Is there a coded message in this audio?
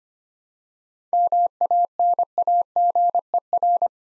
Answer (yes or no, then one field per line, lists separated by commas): yes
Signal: Morse code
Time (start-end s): 1.1-3.9 s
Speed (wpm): 25 wpm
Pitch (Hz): 700 Hz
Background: none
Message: MANAGER